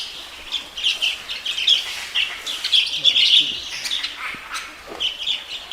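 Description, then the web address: Fischer's lovebird chattering, a dense run of high shrill chirps and twitters with few pauses. "golosa ptic kak poyut popugai nerazlucniki agapornis. parrots agapornis-fischeri"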